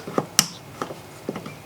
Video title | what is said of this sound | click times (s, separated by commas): F-150 Grinding / Humming Noise SOLVED! Easy fix to replace the IWE solenoid and check valve | Go ahead and take this, slide it up from the bottom, it'll click right into place. | 0.4 s